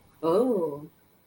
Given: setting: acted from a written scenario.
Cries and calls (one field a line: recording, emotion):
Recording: vocal sound without words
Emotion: desire